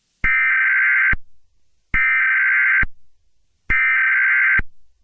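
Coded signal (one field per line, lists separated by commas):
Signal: Emergency Alert System (SAME) tones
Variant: header bursts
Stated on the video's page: Fictional EAS scenario, re-uploaded.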